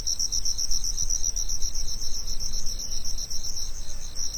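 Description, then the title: Cricket chirping in a fast, steady high-pitched pulsed trill that runs without a break, over a low rumbling background. Summer afternoon. "夏日午后的蟋蟀"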